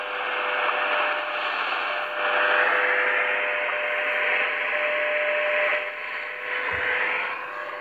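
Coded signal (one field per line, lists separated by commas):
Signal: radio time signal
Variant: WWVH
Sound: steady mid-pitch tone in loud shortwave hiss, briefly interrupted about once a second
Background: radio static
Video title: WWVH NIST, HAWAII 15000 Khz Tecsun PL-310et desde El Manzano, Tunuyán Mendoza (ARG)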